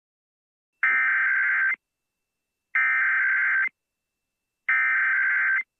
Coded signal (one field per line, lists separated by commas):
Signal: Emergency Alert System (SAME) tones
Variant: header bursts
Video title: EAS Recreation: Indiana CAE